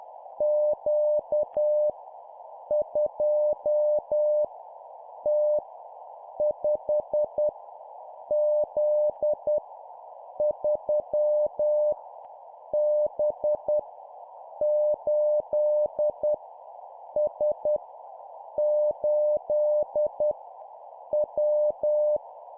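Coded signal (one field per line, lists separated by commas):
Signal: Morse code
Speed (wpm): 10 wpm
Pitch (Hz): 600 Hz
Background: none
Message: Q 2 T 5 Z 3 B 8 S 8 W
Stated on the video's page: Morse code learning practice of random letters and numbers at 10 wpm.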